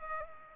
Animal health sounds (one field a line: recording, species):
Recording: mosquito wingbeat signal from an infrared sensor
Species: Culex pipiens